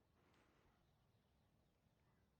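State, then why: Not seated. A drip irrigation emitter is being pushed and twisted into plastic supply tubing, heard as quiet handling and rustling over a low background rumble. Nothing has seated or clicked yet; the emitter has not snapped into the tubing by the end of the clip.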